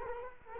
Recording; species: mosquito wingbeat signal from an infrared sensor; Culex quinquefasciatus